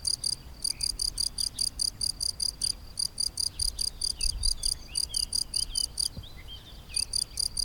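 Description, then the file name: Cricket chirping in steady, high, ringing pulses, several per second, in runs broken by brief pauses; faint bird calls flicker in the background. Drôme, May 2008. "grillon-drome-mai-2008"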